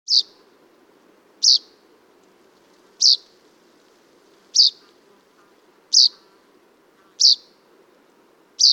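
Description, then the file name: Common chaffinch calls: short, sharp, high metallic notes, seven in all, repeated roughly every one and a half seconds over a faint low background hum. "Fringilla coelebs"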